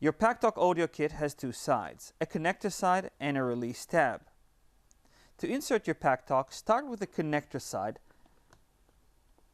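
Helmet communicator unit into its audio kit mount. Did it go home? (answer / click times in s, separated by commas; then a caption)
no / none. A PACKTALK helmet communicator unit is placed connector side first into its audio kit mount, which has a connector side and a release tab, and is lined up before being pressed home. Someone talks throughout, with faint handling hits around 4.9 and 8.5 seconds. Nothing has seated or clicked yet.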